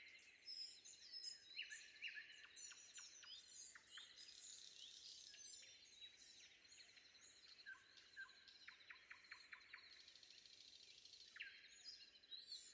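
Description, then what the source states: Common nightingale song, varied phrases with rapid repeated clicking notes and short whistles, over a dense high chorus of other birds. Recorded before dawn.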